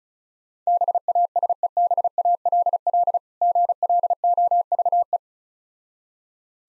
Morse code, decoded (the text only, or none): BASEBALL GLOVE